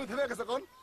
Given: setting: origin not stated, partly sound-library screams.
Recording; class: one-second piece from a danger detection set; normal situation